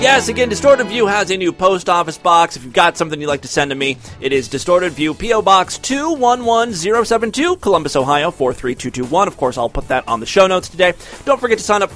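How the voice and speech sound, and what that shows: One adult man speaking fluently in a clear, animated announcer style, with ordinary rate and voice quality.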